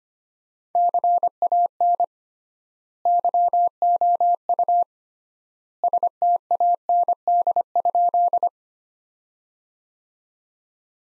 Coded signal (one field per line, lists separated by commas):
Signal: Morse code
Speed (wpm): 25 wpm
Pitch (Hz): 700 Hz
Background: none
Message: CAN YOU STAND?